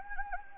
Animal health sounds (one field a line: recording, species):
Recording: mosquito wingbeat signal from an infrared sensor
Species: Anopheles gambiae